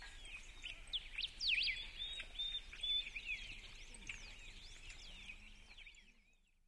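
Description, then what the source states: Birds chirping together, overlapping high twittered and sweeping whistled notes, busiest in the first half, then thinning and fading to near silence at the end. Birds chirping in a forest.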